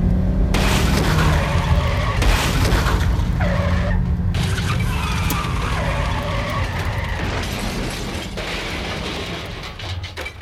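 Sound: car skidding and crashing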